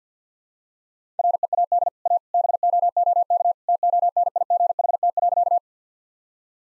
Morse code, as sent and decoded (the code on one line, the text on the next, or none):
.-. . .- -.. / .- / -... --- --- -.- / - --- -. .. --. .... - .-.-.-
READ A BOOK TONIGHT.